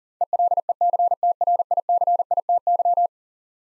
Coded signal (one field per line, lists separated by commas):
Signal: Morse code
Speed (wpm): 40 wpm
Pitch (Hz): 700 Hz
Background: none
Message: ELECTRICITY